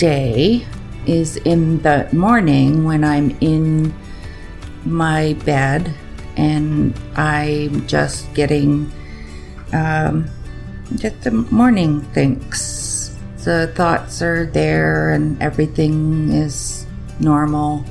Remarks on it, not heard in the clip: My words glitch for me, and in my speech and in my writing. Person who has aphasia.